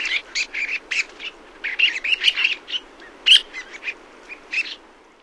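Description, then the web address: Rock sandpiper giving a series of short chirping notes, packed closer together in the middle before spacing out again. "Songs of Birds of North America Stokes. Rock Sandpiper"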